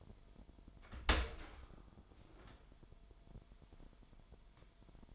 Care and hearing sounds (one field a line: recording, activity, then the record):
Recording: daily activity, microphone in the room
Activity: open dishwasher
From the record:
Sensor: 5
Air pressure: 998.4 hPa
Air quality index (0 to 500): 82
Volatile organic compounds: 1 ppm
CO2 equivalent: 930 ppm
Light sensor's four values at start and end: 21/49/21/23 and 21/49/21/23